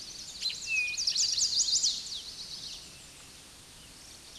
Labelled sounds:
Chestnut-sided Warbler song
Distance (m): 40 m
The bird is about 20 m above the microphone
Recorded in a Pennsylvania forest on 16 May 2024 at 09:38
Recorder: AudioMoth, point MSD-2257
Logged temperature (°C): 16.0 °C
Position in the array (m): 150 m, 168 m

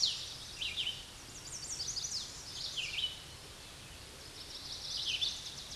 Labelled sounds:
Red-eyed Vireo song
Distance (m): 25 m
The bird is about 20 m above the microphone
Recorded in a Pennsylvania forest on 16 May 2024 at 08:34
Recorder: AudioMoth, point MSD-2258
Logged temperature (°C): 15.2 °C
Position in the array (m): 166 m, 71 m

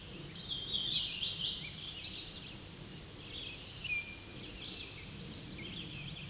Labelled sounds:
Hooded Warbler song
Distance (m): 25 m
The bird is about 10 m above the microphone
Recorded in a Pennsylvania forest on 16 May 2024 at 07:37
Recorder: AudioMoth, point MSD-0215
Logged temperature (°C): 16.1 °C
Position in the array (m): 26 m, 151 m

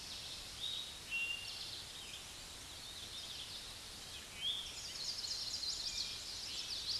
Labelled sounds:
Eastern Towhee song
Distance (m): 45 m
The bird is about 10 m above the microphone
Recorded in a Pennsylvania forest on 16 May 2024 at 06:30
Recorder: AudioMoth, point MSD-1035
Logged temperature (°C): 16.3 °C
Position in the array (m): 230 m, 166 m

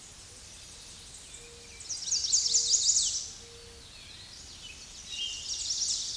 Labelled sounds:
Chestnut-sided Warbler song
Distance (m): 15 m
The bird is about level with the microphone
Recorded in a Pennsylvania forest on 16 May 2024 at 07:42
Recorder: AudioMoth, point MSD-1405
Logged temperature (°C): 15.6 °C
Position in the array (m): 172 m, 177 m

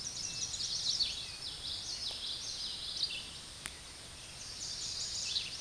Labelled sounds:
Common Yellowthroat song
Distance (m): 35 m
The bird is about 10 m above the microphone
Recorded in a Pennsylvania forest on 16 May 2024 at 08:57
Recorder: AudioMoth, point MSD-2320
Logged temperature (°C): 12.8 °C
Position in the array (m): 242 m, 171 m

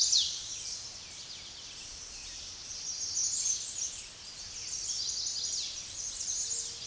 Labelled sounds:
Chestnut-sided Warbler song
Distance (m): 35 m
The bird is about 10 m above the microphone
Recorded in a Pennsylvania forest on 16 May 2024 at 06:27
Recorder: AudioMoth, point MSD-0230
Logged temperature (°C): 15.3 °C
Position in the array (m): 84 m, 222 m

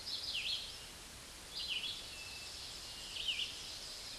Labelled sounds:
Red-eyed Vireo song
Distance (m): 30 m
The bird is about 20 m above the microphone
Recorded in a Pennsylvania forest on 16 May 2024 at 06:39
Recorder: AudioMoth, point MSD-2201
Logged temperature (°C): 15.5 °C
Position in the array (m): 166 m, 72 m

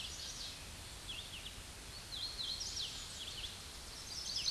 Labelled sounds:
Hooded Warbler song
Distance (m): 75 m
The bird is about 10 m above the microphone
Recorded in a Pennsylvania forest on 16 May 2024 at 08:25
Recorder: AudioMoth, point MSD-1338
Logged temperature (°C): 12.6 °C
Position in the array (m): 165 m, 94 m

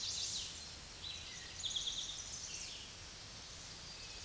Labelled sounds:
Eastern Towhee song
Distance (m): 40 m
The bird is about 10 m above the microphone
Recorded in a Pennsylvania forest on 16 May 2024 at 06:08
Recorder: AudioMoth, point MSD-2376
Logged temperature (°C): 16.7 °C
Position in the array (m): 108 m, 6 m

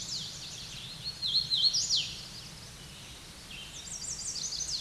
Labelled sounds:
Hooded Warbler song
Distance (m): 10 m
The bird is about 5 m above the microphone
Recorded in a Pennsylvania forest on 16 May 2024 at 07:21
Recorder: AudioMoth, point MSD-2181
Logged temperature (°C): 12.8 °C
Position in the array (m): 165 m, 116 m

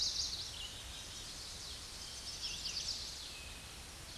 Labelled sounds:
Red-eyed Vireo song
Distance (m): 65 m
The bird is about 10 m above the microphone
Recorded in a Pennsylvania forest on 16 May 2024 at 08:23
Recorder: AudioMoth, point MSD-1338
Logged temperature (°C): 12.6 °C
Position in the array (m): 171 m, 71 m

